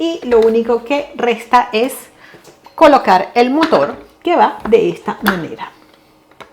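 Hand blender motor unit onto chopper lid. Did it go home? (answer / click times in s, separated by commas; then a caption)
no / none. Someone talks while handling a Cecotec Power Titan Black 1200 XL hand blender, bringing the motor unit onto the chopper lid. Small plastic contact sounds come near the end. Nothing has seated or clicked yet.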